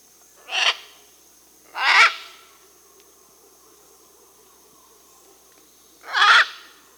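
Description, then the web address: Scarlet macaw giving harsh, raspy squawks, three separate bursts spaced unevenly. Amazon, Peru, South America. "S America Birds of the Amazon. Scarlet Macaw (Ara macao), Peru"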